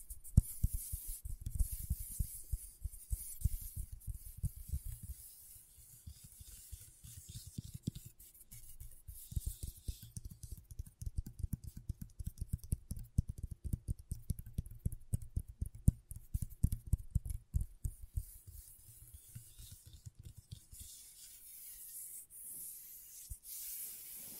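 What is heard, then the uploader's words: Scratchboard being worked: a rapid, uneven run of short scraping strokes, some sharp clicks and brief rasps, densest through the middle and easing off after about twenty seconds. A faint steady hiss sits high underneath throughout. ASMR Brain Tingling Scratchboard (No Talking).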